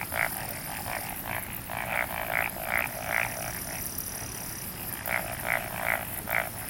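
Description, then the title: Frogs calling in a chorus, short croaking pulses repeated in bursts, with a steady background hiss and a faint high whine. "Summer Japan, Hokkaido. Night Paddy's frogs. 夜の水田のカエル"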